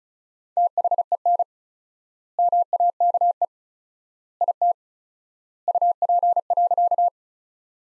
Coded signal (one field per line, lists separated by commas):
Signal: Morse code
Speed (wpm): 34 wpm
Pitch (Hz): 700 Hz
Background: none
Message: THEN MAKE IT UP.